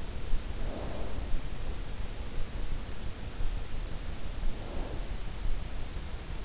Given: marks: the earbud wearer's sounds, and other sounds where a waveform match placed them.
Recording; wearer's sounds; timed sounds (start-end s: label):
sounds in sleep by an in-ear microphone; snoring breath
0.62-1.23 s: snoring breath
4.37-5.20 s: snoring breath